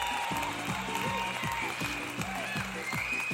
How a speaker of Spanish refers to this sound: Eso se merece otro aplauso